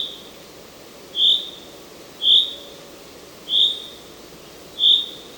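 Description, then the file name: Common chaffinch giving short, clear whistled call notes, repeated about every 1.2 seconds, four notes in all over a quiet background. "Fringilla coelebs"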